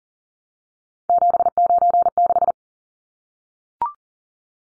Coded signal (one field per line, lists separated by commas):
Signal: Morse code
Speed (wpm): 40 wpm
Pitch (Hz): 700 Hz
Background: none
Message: 796